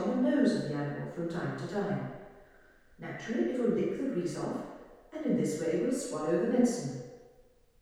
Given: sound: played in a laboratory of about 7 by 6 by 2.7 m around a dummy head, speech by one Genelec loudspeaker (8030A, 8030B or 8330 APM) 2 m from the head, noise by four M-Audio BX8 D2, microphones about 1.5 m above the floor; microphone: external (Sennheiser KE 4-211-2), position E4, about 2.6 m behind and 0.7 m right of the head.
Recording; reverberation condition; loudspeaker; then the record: female speech in English; high; 90 degrees to the left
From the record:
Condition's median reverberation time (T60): about 1300 ms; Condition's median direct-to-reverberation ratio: about -4.0 dB